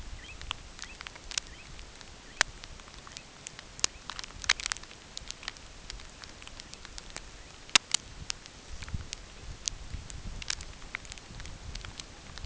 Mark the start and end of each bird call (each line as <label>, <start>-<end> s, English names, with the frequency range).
American Golden-plover (1.6-4.0 kHz), 0.11-0.38 s
American Golden-plover (1.7-3.9 kHz), 0.75-0.99 s
American Golden-plover (1.6-3.9 kHz), 1.43-1.69 s
American Golden-plover (1.6-3.8 kHz), 2.20-2.45 s
American Golden-plover (1.6-3.6 kHz), 3.01-3.26 s
American Golden-plover (1.4-3.5 kHz), 3.82-4.02 s
American Golden-plover (1.3-3.3 kHz), 6.62-6.84 s
American Golden-plover (1.4-3.4 kHz), 7.32-7.56 s
American Golden-plover (1.8-3.2 kHz), 9.26-9.46 s